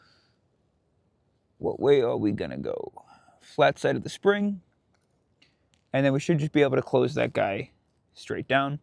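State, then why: Not seated. A battery is held up and checked for which way it goes into the battery compartment of GOYOJO GNG2K digital night vision goggles, before it is put in and the lid is closed. Someone talks throughout, with a few faint handling taps around 5.4–5.7 seconds in the pause. Nothing has seated or clicked yet.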